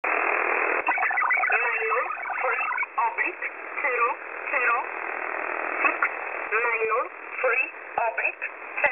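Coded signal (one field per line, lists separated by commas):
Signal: numbers station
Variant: E11 Oblique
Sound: noisy shortwave voice reading short spoken words through hiss and fading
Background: radio static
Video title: E11 Oblique 20/12/2023 1045 UTC 11100kHz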